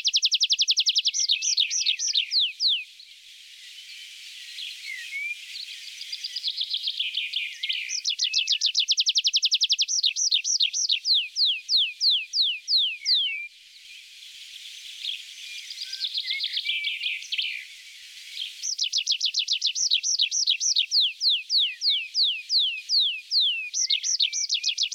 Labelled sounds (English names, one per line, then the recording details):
Tree Pipit song
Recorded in the wild
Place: Kandel /Schwarzwald; Gemeinde Waldkirch, Baden-Württemberg, DE
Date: 1977-06-17
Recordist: Schwarz, Dieter
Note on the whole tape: Song